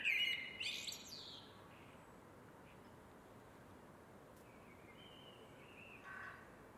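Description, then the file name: Eurasian blackbird song: a short fluted warble opening with a high squeaky twitter, followed by faint quiet notes and a brief soft phrase near the end. "MERLES"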